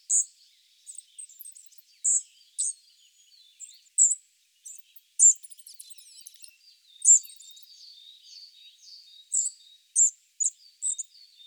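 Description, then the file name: Spotted flycatcher calling: loud, sharp high chips at irregular intervals, with soft scratchy twittering between them. Recorded in Sardinia. "GOBE MOUCHE GRIS ORIGINAL SARDE"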